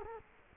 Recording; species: mosquito wingbeat signal from an infrared sensor; Culex quinquefasciatus